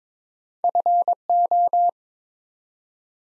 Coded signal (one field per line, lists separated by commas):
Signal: Morse code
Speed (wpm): 22 wpm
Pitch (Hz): 700 Hz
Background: none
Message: FO